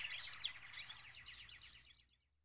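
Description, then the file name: Birds chirp in a rapid series of high, sweeping notes that grow steadily fainter and stop before the end. "Birds chirping and tweeting"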